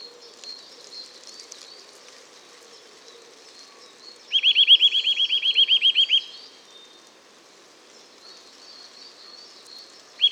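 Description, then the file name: Eurasian nuthatch giving a rapid run of whistled notes lasting about two seconds, then beginning another; softer high-pitched chirps of other birds around it. "Sitta europaea"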